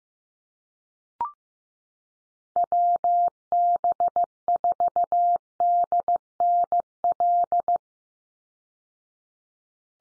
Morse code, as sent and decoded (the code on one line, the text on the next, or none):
.-- -... ....- -.. -. .-..
WB4DNL